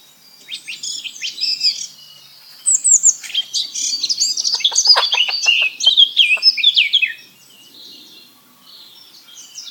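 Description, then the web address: Eurasian blackcap song, a fast tumbling warble of sweet and scratchy notes that swells in the middle, then fades to a few faint notes. "SETE data Sylvia atricapilla"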